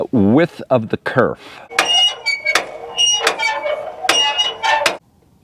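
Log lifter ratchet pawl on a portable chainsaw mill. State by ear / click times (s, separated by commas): seated / 1.8 s, 2.6 s, 3.3 s, 4.1 s, 4.9 s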